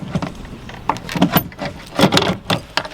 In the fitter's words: the whole harness back in and you can hear them lock into place